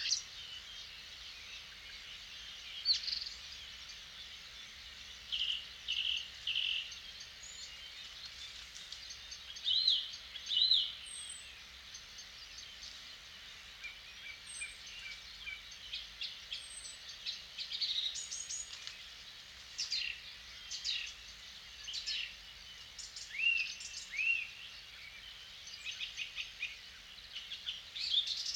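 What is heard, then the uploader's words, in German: An evening at a clay pit: frequent bright bird chirps and short calls over a steady, soft hiss, with brief louder bursts throughout. Eine Kunstkopfaufnahme eines Abends in der Lehmgrube. Ein Abend in der Lehmgrube.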